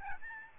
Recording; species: mosquito wingbeat signal from an infrared sensor; Aedes albopictus